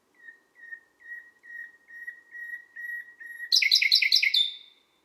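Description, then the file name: Common nightingale song of soft repeated whistled notes, growing a little louder, ending in a short, loud, rapid chattering flourish. Sung at midnight at Les Salelles, Ardèche. "Rossignol-philomele-a-minuit-Les-Salelles-Ambiances-Sonores-d Ardeche-Studio-Les-Trois-Becs"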